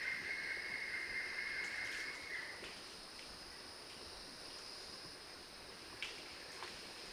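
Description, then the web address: Kagu calling with one drawn-out, level whistled note for about two seconds that fades away, then only hiss and a couple of faint clicks. "sound Kagu. صدای-پرنده-کاگو"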